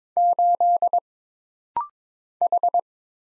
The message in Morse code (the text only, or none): 8 H